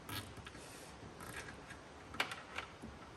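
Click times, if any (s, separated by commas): none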